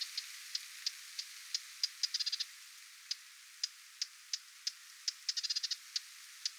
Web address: paivat 20 7 2026 hernekerttulintuemon huomioaantelya lentopoikastensa lahella